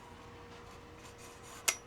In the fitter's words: Snap into place.